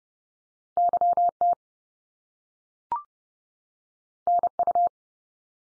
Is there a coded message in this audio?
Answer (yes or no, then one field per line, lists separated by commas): yes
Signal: Morse code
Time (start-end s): 0.8-4.9 s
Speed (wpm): 30 wpm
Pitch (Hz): 700 Hz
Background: none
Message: YT NU